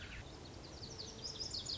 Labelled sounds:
Lazuli Bunting (Passerina amoena)
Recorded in Sonoma County, California

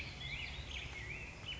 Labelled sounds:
Black-headed Grosbeak (Pheucticus melanocephalus)
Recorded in Sonoma County, California

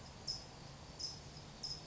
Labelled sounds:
California Towhee (Melozone crissalis)
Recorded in Sonoma County, California

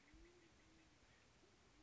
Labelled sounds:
Band-tailed Pigeon (Patagioenas fasciata)
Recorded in Sonoma County, California

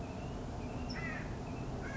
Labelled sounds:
California Quail (Callipepla californica)
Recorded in Sonoma County, California

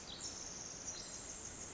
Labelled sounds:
Pacific Wren (Troglodytes pacificus)
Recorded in Sonoma County, California

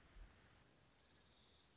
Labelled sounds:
Anna's Hummingbird (Calypte anna)
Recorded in Sonoma County, California

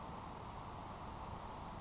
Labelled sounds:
Grasshopper Sparrow (Ammodramus savannarum)
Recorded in Sonoma County, California

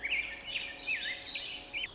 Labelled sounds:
Warbling Vireo (Vireo gilvus)
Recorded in Sonoma County, California

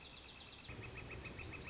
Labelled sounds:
Northern Flicker (Colaptes auratus)
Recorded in Sonoma County, California

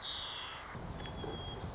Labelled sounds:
White-crowned Sparrow (Zonotrichia leucophrys)
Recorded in Sonoma County, California

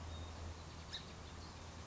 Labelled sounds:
Song Sparrow (Melospiza melodia)
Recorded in Sonoma County, California

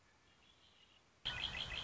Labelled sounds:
Red-winged Blackbird (Agelaius phoeniceus)
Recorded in Sonoma County, California

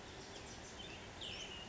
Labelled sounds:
Cassin's Vireo (Vireo cassinii)
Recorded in Sonoma County, California

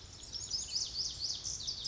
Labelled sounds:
Pacific Wren (Troglodytes pacificus)
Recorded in Sonoma County, California

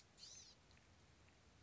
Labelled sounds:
Blue-gray Gnatcatcher (Polioptila caerulea)
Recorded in Sonoma County, California

